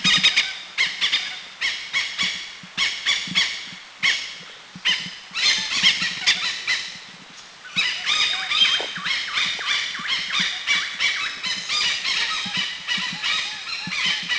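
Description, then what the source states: Oriental pied hornbill cackling: a long run of harsh, raucous squawks in quick succession, with a brief pause midway. Recorded in northern Thailand.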